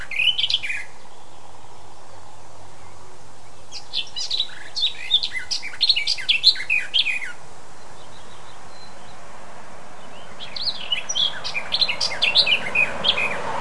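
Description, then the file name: Eurasian blackcap song: a brief warbled fragment at the start, then two bursts of quick, scratchy warbling notes, each about three seconds long, separated by pauses of steady background hiss. "Sylvia atricapilla"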